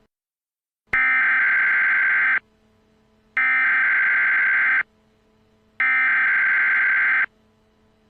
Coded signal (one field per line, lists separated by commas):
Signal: Emergency Alert System (SAME) tones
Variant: header bursts